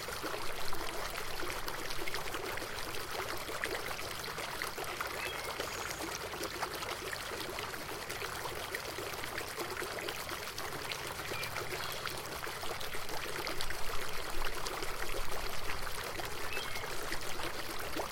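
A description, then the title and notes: A garden fountain splashes steadily, its water pouring and trickling in a dense, continuous patter. The sound is bright and hissy with little low rumble, staying even throughout with only slight swells in loudness, and nothing else stands out. Fountain Sounds In An Enchanting Garden. The soothing sounds of a tranquil fountain.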